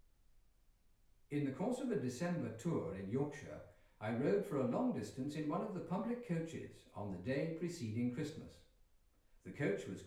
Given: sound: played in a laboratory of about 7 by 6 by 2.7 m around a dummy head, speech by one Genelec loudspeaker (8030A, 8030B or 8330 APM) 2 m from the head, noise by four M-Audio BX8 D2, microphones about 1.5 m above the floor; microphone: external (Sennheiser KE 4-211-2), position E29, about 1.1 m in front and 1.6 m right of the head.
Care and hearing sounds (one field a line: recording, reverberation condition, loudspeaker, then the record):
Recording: male speech in English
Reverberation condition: medium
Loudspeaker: 150 degrees to the left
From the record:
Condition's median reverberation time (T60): about 510 ms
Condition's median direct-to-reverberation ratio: about -0.5 dB